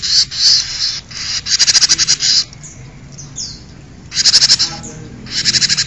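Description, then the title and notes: Bird song in harsh, buzzy chattering bursts of rapid pulsed notes, separated by quieter gaps with faint soft notes. "Bird Sound. Kicau Burung Lengkap"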